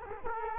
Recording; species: mosquito wingbeat signal from an infrared sensor; Culex quinquefasciatus